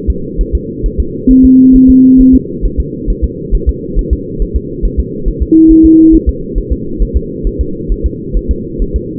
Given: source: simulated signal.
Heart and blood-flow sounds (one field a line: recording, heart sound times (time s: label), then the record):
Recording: fetal heart sounds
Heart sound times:
0.10 s: S2
0.41 s: S1
0.55 s: S2
0.86 s: S1
1.00 s: S2
1.31 s: S1
1.45 s: S2
1.76 s: S1
1.90 s: S2
2.21 s: S1
2.35 s: S2
2.65 s: S1
2.80 s: S2
3.10 s: S1
3.24 s: S2
3.55 s: S1
3.69 s: S2
3.99 s: S1
4.13 s: S2
4.42 s: S1
4.56 s: S2
4.85 s: S1
5.00 s: S2
5.28 s: S1
5.43 s: S2
5.71 s: S1
5.86 s: S2
6.15 s: S1
6.29 s: S2
6.58 s: S1
6.72 s: S2
7.02 s: S1
7.17 s: S2
7.47 s: S1
7.61 s: S2
7.92 s: S1
8.06 s: S2
8.37 s: S1
8.51 s: S2
8.82 s: S1
8.96 s: S2
From the record:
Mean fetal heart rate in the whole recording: 135 bpm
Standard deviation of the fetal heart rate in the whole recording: 3 bpm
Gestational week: 36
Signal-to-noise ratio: -6.6 dB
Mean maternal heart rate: 72 bpm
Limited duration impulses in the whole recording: present